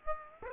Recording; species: mosquito wingbeat signal from an infrared sensor; Aedes aegypti